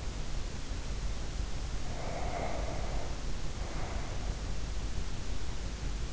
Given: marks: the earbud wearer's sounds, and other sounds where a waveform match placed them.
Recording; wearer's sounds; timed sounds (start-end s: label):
sounds in sleep by an in-ear microphone; breath
1.65-4.72 s: breath